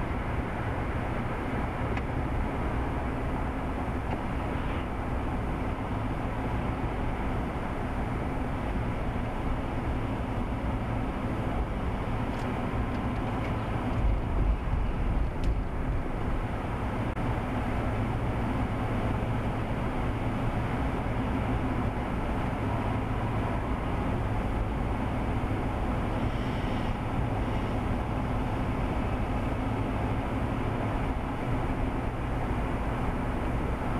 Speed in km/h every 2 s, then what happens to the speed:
60, 55, 55, 53, 55, 55, 53, 53, 53, 53, 53, 53, 55, 53, 55, 55, 55.
0-34 steady at about 55.